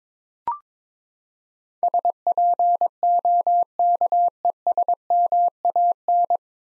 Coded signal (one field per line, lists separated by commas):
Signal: Morse code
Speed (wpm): 22 wpm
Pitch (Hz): 700 Hz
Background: none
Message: SPOKESMAN